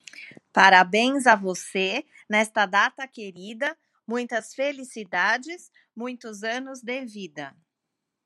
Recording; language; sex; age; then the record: short text; Brazilian Portuguese; female; 40 to 49 years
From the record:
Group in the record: control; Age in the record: 45 years